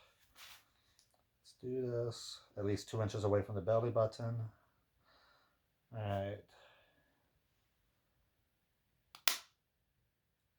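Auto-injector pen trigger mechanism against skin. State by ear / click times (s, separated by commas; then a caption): released / 9.2 s, 9.3 s. Someone talks while a weekly Mounjaro auto-injector pen is pressed against the belly, at least 2 inches from the belly button, and triggered. The pen fires with a sharp double click at about 9.2 s and 9.3 s as the needle goes in, and the green plunger indicator comes back to show the dose is done.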